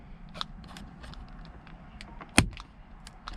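A plastic lens cover is pushed back onto the vanity mirror light housing of a 1999–2004 Ford Mustang, with faint handling ticks before a sharp pop at 2.4 s as the cover snaps into place. A few softer clicks follow, and the cover is seated.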